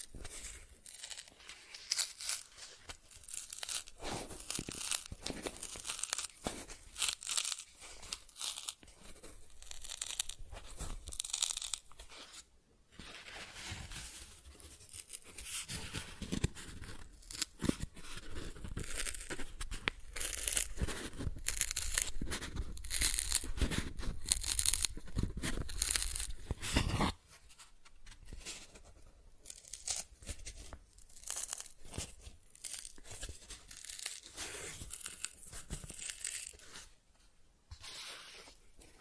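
Cardboard being scratched, traced and torn, with dense, irregular rasping strokes that come in bursts, some bright and some with a low rumble. The scraping grows heavier around 15 to 27 seconds. Brief pauses near 12, 27 and 36 seconds break it up.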